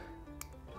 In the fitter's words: you hear it click once it clicks and it's not allowed to lock back out that means you're all the way in